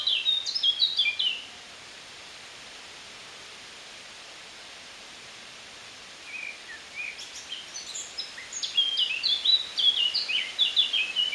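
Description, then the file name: Eurasian blackcap gives a loud warbled phrase, falls silent for several seconds, then resumes with soft notes rising into a bright, fluty flourish. "Sylvia atricapilla"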